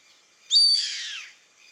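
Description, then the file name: Yellow-headed caracara giving one harsh, hissing screech that starts sharply and trails downward, fading over about three-quarters of a second. "Canto do gaviao carrapateiro Milvago chimachima"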